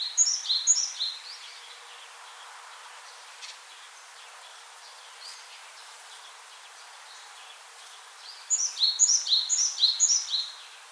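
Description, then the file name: Great tit song: a short burst of two-note phrases at the start, a long quiet stretch, then a longer run of high-then-low phrases repeated about twice a second. "Parus major"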